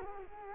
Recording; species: mosquito wingbeat signal from an infrared sensor; Culex quinquefasciatus